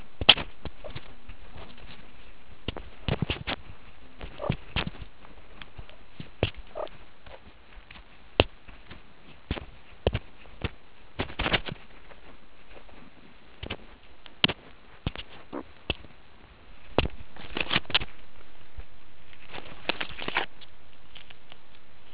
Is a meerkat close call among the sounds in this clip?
yes